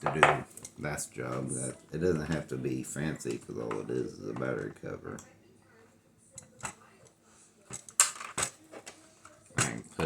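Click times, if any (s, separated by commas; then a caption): 8.0 s. A homemade plastic battery cover is fitted into the base of a Kenner Empire Strikes Back AT-AT toy while someone talks. After a pause filled with small plastic handling sounds, the two tabs go in and the cover snaps home with one loud, sharp click at 8.0 s. Its tabs lock in place, though the clip is left uncertain.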